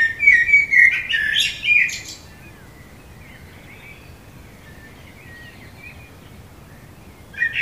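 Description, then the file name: Common blackbird delivering one flowing, fluty warble ending in a high twitter, followed by a long quiet pause and the start of the next phrase. "Turdus merula"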